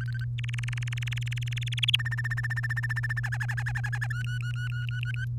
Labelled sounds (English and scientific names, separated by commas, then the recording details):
Domestic Canary (Serinus canaria) song
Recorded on 3 May 2018 at 09:05
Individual llb3